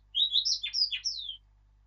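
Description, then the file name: Eurasian blackcap song: one short, loud phrase of clear fluty whistled slurs, swooping down and up, about a second long. "Sylvia atricapilla"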